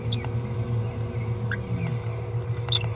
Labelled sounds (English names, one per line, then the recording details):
Green-rumped Parrotlet babbling
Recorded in a nest box in Venezuela
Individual 18B17A3